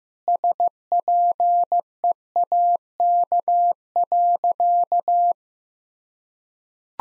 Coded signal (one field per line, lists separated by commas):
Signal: Morse code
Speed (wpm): 15 wpm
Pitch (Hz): 700 Hz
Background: none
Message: SPEAK.